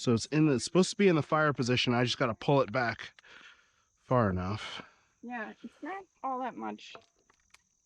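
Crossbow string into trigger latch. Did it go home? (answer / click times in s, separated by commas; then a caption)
yes / 7.5 s. Someone talks while pulling a crossbow string back by hand toward the fire position. After a faint tick at 7.3 s, a short, sharp click at 7.5 s marks the string catching in the trigger latch, setting the bow cocked in the fire position.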